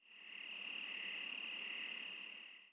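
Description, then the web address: Cricket trilling: a continuous, high, finely pulsed trill that holds steady throughout, fading in and out softly at the edges. "blue archive Audio SFX SE Cricket"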